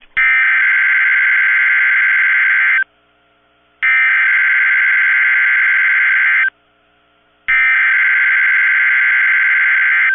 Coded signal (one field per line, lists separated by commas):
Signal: Emergency Alert System (SAME) tones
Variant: header bursts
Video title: EAS 1853-1859 (5/21/22)